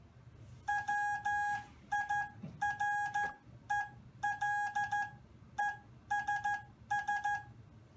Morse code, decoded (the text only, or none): WIRELESS